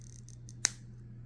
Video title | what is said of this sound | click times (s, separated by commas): How To Turn Antique Victorian Objects Into Pendants, Necklaces & Cool Jewelry Pieces You Can Wear | okay once it snaps you know it's good | 0.7 s